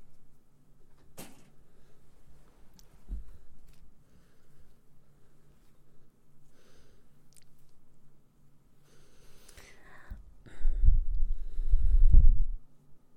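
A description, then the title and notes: Soft ASMR mouth sounds and ear-cleaning noises over a quiet, steady low hum. Brief sharp clicks and rustles appear around 1, 3, 7 and 9 seconds, and a louder, thick rubbing burst fills the stretch from about 10.5 to 12.5 seconds before fading out. ASMR Mouth Sounds Ear Cleaning.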